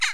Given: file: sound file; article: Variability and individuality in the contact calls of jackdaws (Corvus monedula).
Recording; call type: jackdaw call; harmonic